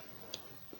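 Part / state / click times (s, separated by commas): plastic model aircraft part into fuselage slot / seated / 0.3 s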